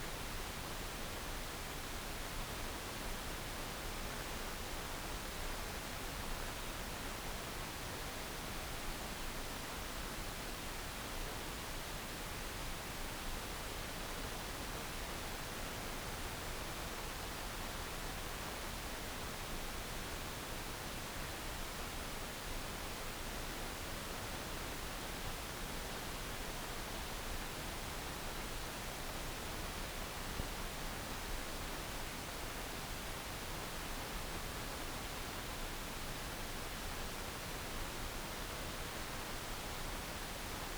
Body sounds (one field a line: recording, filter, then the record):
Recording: brain microelectrode recording played as sound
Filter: wide band, above 20 Hz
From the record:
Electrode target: subthalamic nucleus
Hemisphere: left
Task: reaching with the right hand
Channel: 2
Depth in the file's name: 0.251 mm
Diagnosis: Parkinson's disease